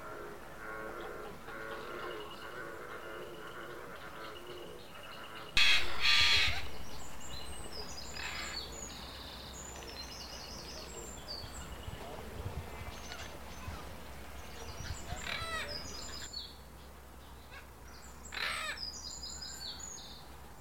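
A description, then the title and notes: A zoo walk with birds calling and cawing throughout, loud bursts around six seconds and again near eighteen, plus scattered bright chirps. A low steady hum runs beneath from about five seconds on, with murmuring and clatter of a busy crowd in the background. Paignton Zoo. A walk around the zoo starring some hungry apes and noisy birds of paradise.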